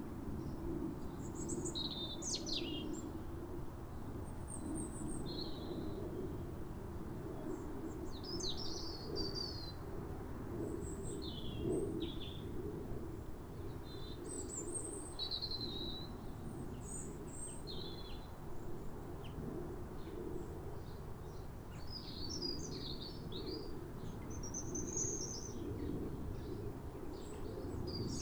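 Robins sing short, thin, wistful phrases high up, one bird and then another, answering each other every few seconds throughout. Beneath them runs a steady low rumble that never lets up, keeping an even level for the whole half minute.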